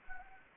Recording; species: mosquito wingbeat signal from an infrared sensor; Anopheles arabiensis